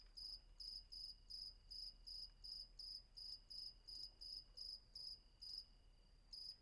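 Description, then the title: Cricket chirps repeating rapidly in short shrill pulses, roughly two to three per second, briefly pausing near the end before resuming. Night ambience with crickets at Vagia, Patmos, Greece; recorded with Fostex FR-2 and MKH800 microphone. "Patmos, Vagia, Griechenland - Nachtsimmung 03, Grillen"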